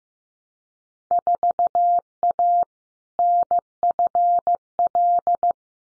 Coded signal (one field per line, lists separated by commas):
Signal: Morse code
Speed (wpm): 15 wpm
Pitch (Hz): 700 Hz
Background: none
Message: 4A NFL